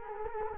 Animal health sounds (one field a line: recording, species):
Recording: mosquito wingbeat signal from an infrared sensor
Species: Culex quinquefasciatus